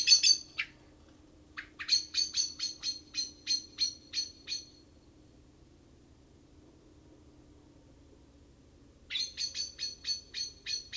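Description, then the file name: Common blackbird calling: sharp, metallic chinks in rapid runs, about ten in a row midway, with shorter bursts at the start and end, over a faint low steady hum. "Turdus merula"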